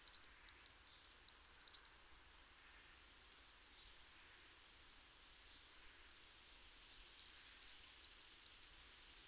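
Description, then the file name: Great tit delivering a string of bright alternating high and low notes, a long silence, then a second similar run of paired notes. "Parus major"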